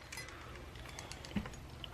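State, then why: Seated. A small steel pin is pushed into a 1911 pistol frame to test whether the parts interchange, with faint ticks and light taps over a low background hum. A sharp, brief click at 1.8 s marks the pin popping right into place with no problem, showing the parts fit.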